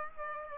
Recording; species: mosquito wingbeat signal from an infrared sensor; Aedes aegypti